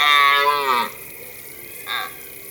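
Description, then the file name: Deer call: one rich, harmonic bellow lasting under a second that slides downward at its end, followed by a brief, fainter second note. "Cervo da xenocanto"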